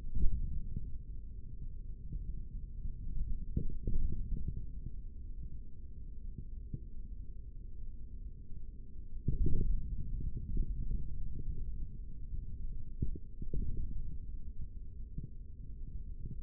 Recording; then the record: forearm muscle sounds (acoustic myography)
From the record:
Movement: index flexion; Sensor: system 3, bracelet of six PUI Audio POM-2738L microphones around the upper forearm, with dedicated amplification and filtering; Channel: 5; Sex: male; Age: 56 years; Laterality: right